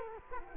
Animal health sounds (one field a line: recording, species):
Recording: mosquito wingbeat signal from an infrared sensor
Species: Culex quinquefasciatus